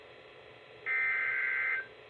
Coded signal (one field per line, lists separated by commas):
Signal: Emergency Alert System (SAME) tones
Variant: header bursts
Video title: EAS 155 - FLASH FLOOD WARNING